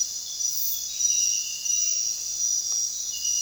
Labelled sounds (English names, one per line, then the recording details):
none
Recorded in dense forest near Puerto Asís, Putumayo, Colombia, on 23 June 2025 at 00:00
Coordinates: 0.466, -76.327
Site GP04